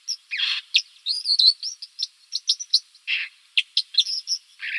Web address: Schulze Peter White-throated Dipper song